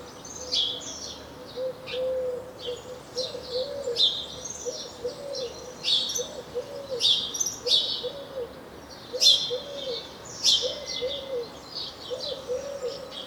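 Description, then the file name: House sparrow chirping, a busy run of sharp repeated chirps with brief pauses, accompanied by soft low cooing notes in the background. "Passer domesticus"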